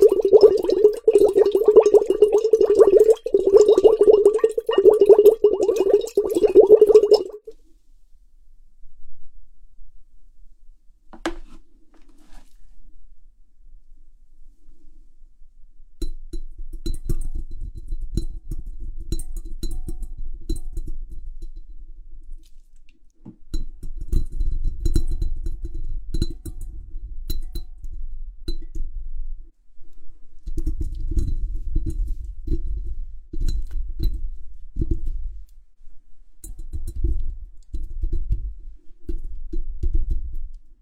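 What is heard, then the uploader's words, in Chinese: A huge glass bowl with water, fizzy drink, jelly and a straw. For the first seven seconds a steady, pulsing middle-pitched ringing hum sounds, then near silence with a faint click. From about 16 seconds, bursts of low bubbling and rattling come and go in clusters. 水和玻璃的声音。巨大玻璃碗（水、碳酸、果冻、吸管）。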